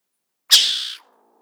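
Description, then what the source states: Mongoose producing a single abrupt, noisy hiss of about half a second, trailing off into a faint low tonal tail. Recorded in summer 2014.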